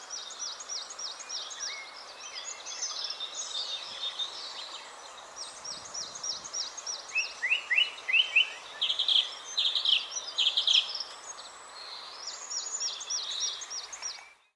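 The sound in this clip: Bird song of high, rapid chirping phrases, sharp repeated notes in short bursts with a lower trilled run near the middle, over steady background hiss.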